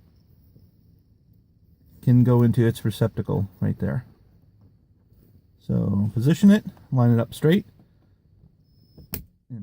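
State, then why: Seated. Someone talks while a replacement power door lock switch in its plastic trim frame is lined up and pushed into its opening in the driver door trim panel of a 1997 Saturn SL2. A sharp snap at 9.1 seconds marks the switch seating in place, flush with the panel.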